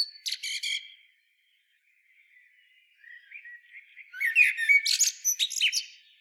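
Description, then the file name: Common blackbird produces a short burst of sharp chirps, a quiet pause, then faint thin notes that build into a loud run of squeaky twittering calls. "Turdus merula"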